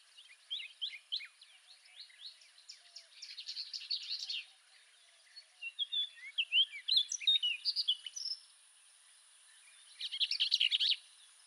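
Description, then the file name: Orchard oriole song: rapid, jumbled bursts of sweet whistled and slurred notes, in phrases separated by short pauses. "Orchard Oriole - Icterus spurius"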